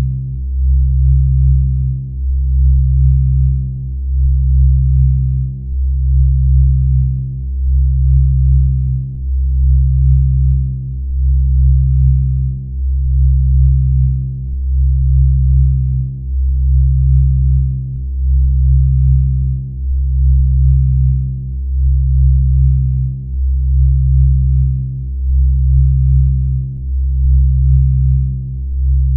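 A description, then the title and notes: Deep, low binaural tones hum steadily, swelling and dipping in a regular slow pulse about every two seconds, with nothing bright above. Binaural Beats (Delta Waves for Sleep).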